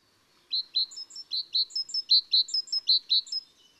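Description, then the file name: Great tit repeating a rhythmic phrase of bright notes and thinner higher ones, many times over about three seconds. "Parus major"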